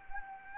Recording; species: mosquito wingbeat signal from an infrared sensor; Anopheles gambiae